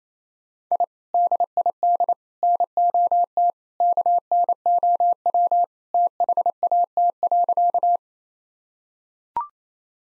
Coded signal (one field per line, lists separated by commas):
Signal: Morse code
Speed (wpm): 27 wpm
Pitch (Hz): 700 Hz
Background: none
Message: I DID NOT KNOW THAT.